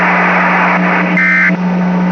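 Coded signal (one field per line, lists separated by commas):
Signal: Emergency Alert System (SAME) tones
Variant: end-of-message bursts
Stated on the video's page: Recreated required weekly tests, one from Puerto Rico and one from NOAA Weather Radio station KWO35.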